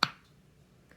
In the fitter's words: the lid where it pops you hear the pop